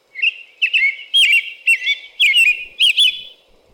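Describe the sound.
American robin singing a steady series of clear, rolling whistled phrases, roughly two each second.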